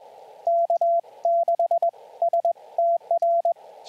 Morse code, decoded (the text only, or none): K6STR